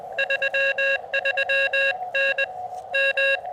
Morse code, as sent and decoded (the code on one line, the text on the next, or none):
...-- ...-- -. / --
33N M